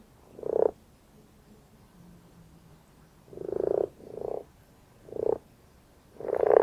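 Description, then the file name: Common frog giving soft, low purring croaks, single and paired bursts separated by pauses of about a second or more. "Grenouille rousse"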